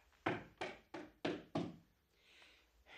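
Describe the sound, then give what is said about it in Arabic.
Five firm knocks on an apartment door at night, in a quick, slightly uneven sequence, each a dull wooden thud, followed by a soft hiss of background noise with no voices. “وبعد ما خرج بساعة واحدة سمعت اللي جاي لي من برا وعي خبط على الباب.”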